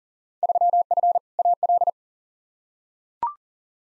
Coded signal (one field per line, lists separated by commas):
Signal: Morse code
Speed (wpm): 40 wpm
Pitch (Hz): 700 Hz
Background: none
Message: 3F AL